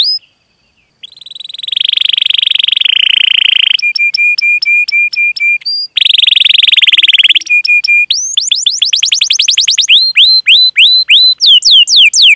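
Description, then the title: Canary song with alternating phrases: rolling trills, clipped repeated whistles, and rising swept notes repeated several times a second, with no other sounds. Lively singer (gacor) said to have the best song phrasing (cengkok) and most luxurious fill-ins (isian); Indonesian bird-keeping hobby (kicaumania) recording. "Kenari Gacor Cengkok Terbaik Isian Paling Mewah Kenarigacor Kicaumania Kenari"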